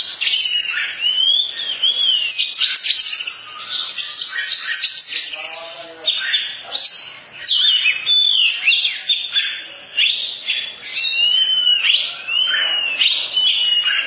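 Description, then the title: Oriental magpie-robin in long continuous song, dense mix of sweet whistles, rapid trills, and harsh chattering phrases with barely any pauses. Long-duration song style. "Kacer Durasi Panjang"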